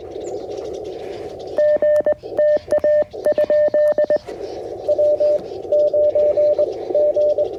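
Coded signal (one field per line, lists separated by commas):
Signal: Morse code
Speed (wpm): 22 wpm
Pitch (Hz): 600 Hz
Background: none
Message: G TA? W 9 G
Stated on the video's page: QRP CW Parks on the Air activation on 20m with a CFT1 transceiver, UMMP-1 key and OCF dipole antenna, in real time.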